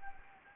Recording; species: mosquito wingbeat signal from an infrared sensor; Anopheles arabiensis